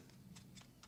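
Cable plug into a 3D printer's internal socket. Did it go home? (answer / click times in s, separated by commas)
no / none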